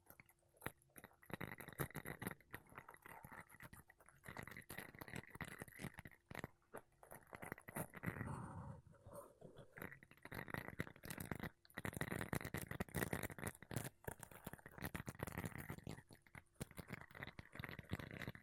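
Makeup brushes and a sponge rub across a microphone in quick, dense strokes of soft scratchy noise. The brushing stays busy throughout, with brief pauses near 1, 6.5 and 11 seconds, and a softer, smoother swipe around the 8 to 9 second mark.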